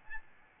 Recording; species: mosquito wingbeat signal from an infrared sensor; Aedes albopictus